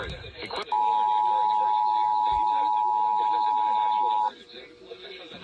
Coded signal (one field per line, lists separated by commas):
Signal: Emergency Alert System (SAME) tones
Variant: 853 and 960 Hz attention tone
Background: speech